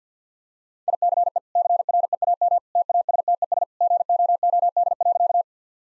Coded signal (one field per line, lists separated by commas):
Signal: Morse code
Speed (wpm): 49 wpm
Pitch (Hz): 700 Hz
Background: none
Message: ICE CREAM TASTES GOOD.